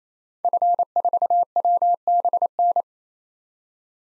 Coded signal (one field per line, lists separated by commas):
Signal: Morse code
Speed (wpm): 28 wpm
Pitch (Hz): 700 Hz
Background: none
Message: F4WBN